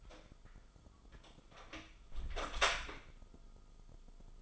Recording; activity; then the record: daily activity, microphone in the room; close door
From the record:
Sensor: 5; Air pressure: 1005.1 hPa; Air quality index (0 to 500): 91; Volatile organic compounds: 2 ppm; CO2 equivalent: 1104 ppm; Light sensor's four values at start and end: 35/81/32/31 and 35/81/33/31